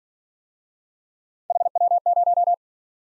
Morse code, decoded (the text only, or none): HW0